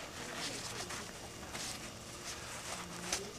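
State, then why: Not seated. The shoulder straps on a Kifaru Duplex backpack frame are lowered and the shoulder strap buckle is handled toward its mating buckle, with soft handling rustle over a steady low background hum and a brief sharp tap near 3.1 seconds. Nothing has seated or clicked yet; the buckle has not been pushed home.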